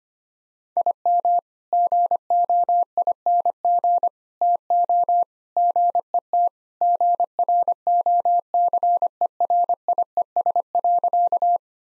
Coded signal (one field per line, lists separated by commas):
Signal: Morse code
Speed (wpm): 25 wpm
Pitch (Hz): 700 Hz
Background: none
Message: IM GOING TO GET GROCERIES.